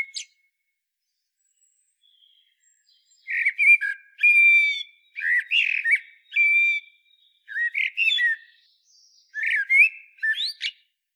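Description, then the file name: Common blackbird song: a run of loud, clear warbled phrases with squeaky high flourishes, repeated after short pauses over several seconds. "Turdus merula"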